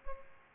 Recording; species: mosquito wingbeat signal from an infrared sensor; Culex pipiens